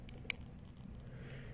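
A small pin key is pushed into the pin hole on an Oxford door lever handle to reverse it, pressing the lever's retaining catch on the lock chassis. After a faint tick near 0.1 s, a single sharp, bright click rings out at 0.3 s as the catch clicks free. The lever is now released and can be pulled off the chassis.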